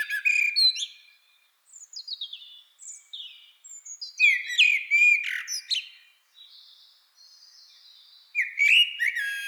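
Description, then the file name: Eurasian blackbird singing mellow whistled phrases that break into thin, scratchy high twitters, with brief silent gaps between phrases. "Turdus merula"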